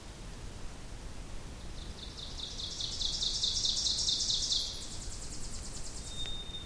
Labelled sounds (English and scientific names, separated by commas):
Ovenbird (Seiurus aurocapilla) song